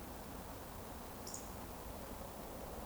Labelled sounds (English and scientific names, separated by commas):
Eurasian Woodcock (Scolopax rusticola) whistle